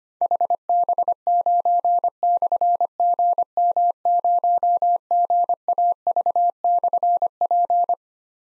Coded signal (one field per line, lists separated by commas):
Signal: Morse code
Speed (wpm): 25 wpm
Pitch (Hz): 700 Hz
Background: none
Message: HB9/GM0GAV/P